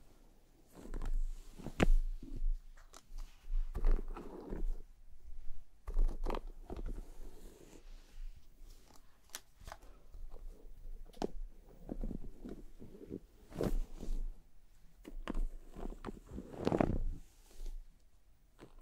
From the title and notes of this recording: ASMR Let me massage your scalp and brush your hair (1 HOUR No Talking).